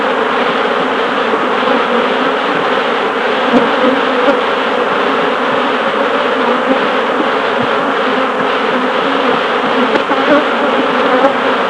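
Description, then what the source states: Honey bee hum, continuous and even, from a crowd of bees buzzing together, with a few soft knocks. Recorded at a beehive.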